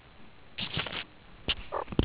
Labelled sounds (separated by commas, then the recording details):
meerkat close call
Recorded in the Kuruman River Reserve, South Africa
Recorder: an audio tag on a meerkat's collar